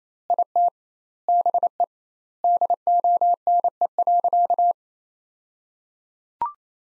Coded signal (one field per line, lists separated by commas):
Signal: Morse code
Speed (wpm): 27 wpm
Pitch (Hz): 700 Hz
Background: none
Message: IT BE DONE.